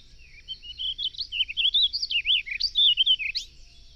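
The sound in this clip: Bird song, a continuous high warble of rapid, looping notes that rise and fall without pause for about three seconds.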